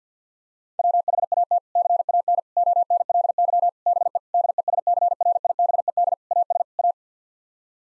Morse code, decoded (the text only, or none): WHAT CAN ONLY BE DESCRIBED AS A